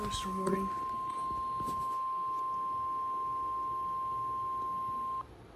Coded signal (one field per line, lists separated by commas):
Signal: Emergency Alert System (SAME) tones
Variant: 1050 Hz attention tone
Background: speech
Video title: Severe Thunderstorm Warning (EAS 92)